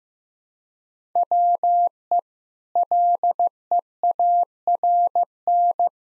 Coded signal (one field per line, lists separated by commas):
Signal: Morse code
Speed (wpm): 15 wpm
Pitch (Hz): 700 Hz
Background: none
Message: WE LEARN